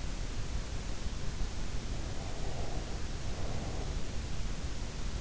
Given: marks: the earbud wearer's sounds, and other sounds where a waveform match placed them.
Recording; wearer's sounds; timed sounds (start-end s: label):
sounds in sleep by an in-ear microphone; breath
1.99-3.85 s: breath